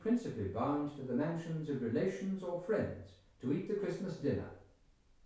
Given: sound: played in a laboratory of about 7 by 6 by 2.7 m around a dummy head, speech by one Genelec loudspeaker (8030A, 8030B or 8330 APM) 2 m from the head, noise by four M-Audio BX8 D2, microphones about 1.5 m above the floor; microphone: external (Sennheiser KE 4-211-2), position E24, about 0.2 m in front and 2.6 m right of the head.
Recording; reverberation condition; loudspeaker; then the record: male speech in English; medium; 150 degrees to the right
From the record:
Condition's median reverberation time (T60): about 510 ms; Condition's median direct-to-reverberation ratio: about -0.5 dB